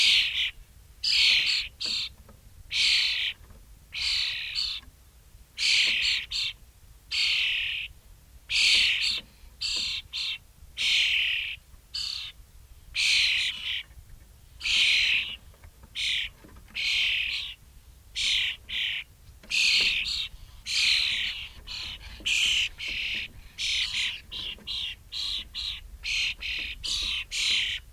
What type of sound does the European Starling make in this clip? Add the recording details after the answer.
call. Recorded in the wild. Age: diverse. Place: Pevestorf (Höhbeck), Niedersachsen, DE. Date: 1968-06-02. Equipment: Halbspur, 9,5 cm/s. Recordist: Lütgens, Hans